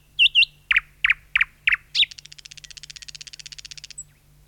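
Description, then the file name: Thrush nightingale singing: a few loud chock notes that run into a long rapid rattle ending in a short high whistle; a low steady hum underneath. "satakieli"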